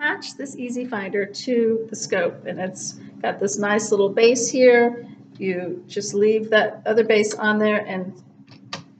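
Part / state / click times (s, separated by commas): red-dot finder into its mounting base on a telescope tube / seated / 8.7 s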